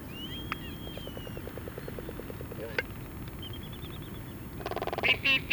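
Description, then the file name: Black-footed albatross: a thin whistle and a run of soft clacks, then harsh, buzzy calls building toward the end. "Black footed Albatross Phoebastria nigripes"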